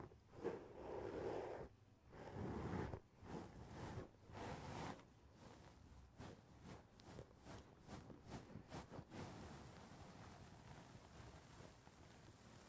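Tapping on the roof of a foam house, starting with heavy, rushing thumps for the first five seconds. Quicker, lighter taps then come in a dense, irregular patter until about nine seconds, before fading to a soft, steady hiss.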